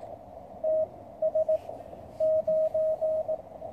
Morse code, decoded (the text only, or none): TS 9